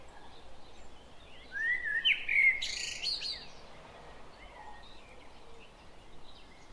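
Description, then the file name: Common blackbird delivers one rich warbled phrase ending in a high scratchy flourish. "Turdus merula"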